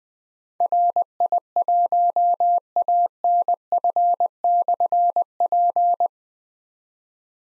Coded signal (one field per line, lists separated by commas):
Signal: Morse code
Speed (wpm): 20 wpm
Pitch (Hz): 700 Hz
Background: none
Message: RI1ANF/P